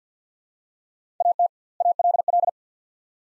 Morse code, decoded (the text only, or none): AT ALL